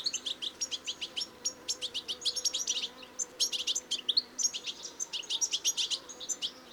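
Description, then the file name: European goldfinch twittering, rapid high chirps and clear tinkling notes in short bursts separated by a brief pause midway. "Carduelis carduelis"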